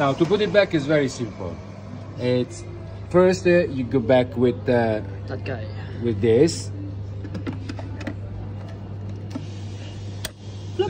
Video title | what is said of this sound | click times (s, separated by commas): Maintenance for Mahlkonig E65s GbW - Part 3 | if you hear a click and we got it back | 10.2 s